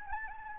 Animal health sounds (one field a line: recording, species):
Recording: mosquito wingbeat signal from an infrared sensor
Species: Anopheles gambiae